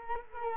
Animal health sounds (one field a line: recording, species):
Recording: mosquito wingbeat signal from an infrared sensor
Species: Culex quinquefasciatus